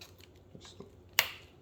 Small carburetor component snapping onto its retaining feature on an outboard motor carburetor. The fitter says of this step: snaps over that.